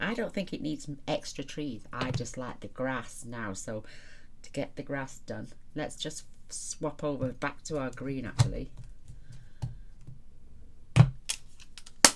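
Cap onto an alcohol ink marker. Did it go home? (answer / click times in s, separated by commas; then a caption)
yes / 12.0 s. Someone talks while swapping back to a green colour, then puts the caps back on alcohol ink markers and presses them until they click shut. A few small taps come before a sharp cap click at 12.1 s. The caps are seated so the markers do not dry out.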